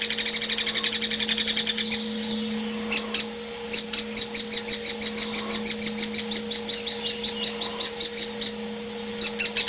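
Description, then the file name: Hairy woodpecker calls: a fast run of high notes, then loud sharp notes repeated in quick succession, with an electrical hum beneath. Used as training audio for tutoring magpie robins, white-rumped shamas and leafbirds in songbird keeping. "platuk hairy untuk kacer murai cucak hijau"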